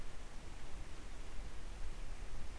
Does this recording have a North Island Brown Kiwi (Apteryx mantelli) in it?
no